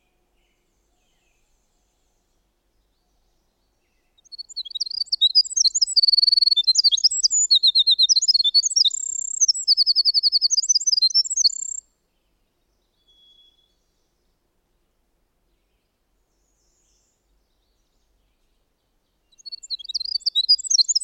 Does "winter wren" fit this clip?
yes